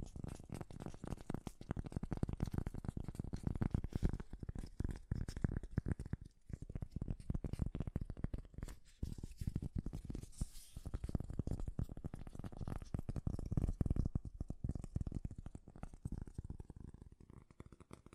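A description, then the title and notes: Fast tapping runs almost without pause for the whole stretch, a dense flurry of quick, irregular taps with a soft, low, thumping body and a scratchy top. The rhythm shifts in speed and loudness, with brief gaps around six and nine seconds. ASMR 3D Fast Tapping.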